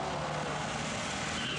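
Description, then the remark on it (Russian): A Zhiguli car on a highway brakes hard and skids as the driver drops the gas and jerks the steering wheel: a dense continuous roar of tires and engine that holds steady for the whole moment, with no voices. “Чир резким движением бросил газ и нажал на тормоз, крутанув рулем.”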